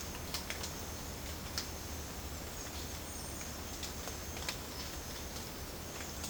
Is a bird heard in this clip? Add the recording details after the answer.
no. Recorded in pastures near Puerto Asís, Putumayo, Colombia, on 30 June 2025 at 11:00. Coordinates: 0.496, -76.326. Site GP01